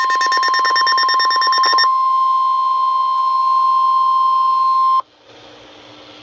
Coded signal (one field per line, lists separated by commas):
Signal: Emergency Alert System (SAME) tones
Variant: 1050 Hz attention tone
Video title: Severe Thunderstorm Warning for Central Maryland [EAS 1055/1056] | NOAA Weather Radio (5/27/2014)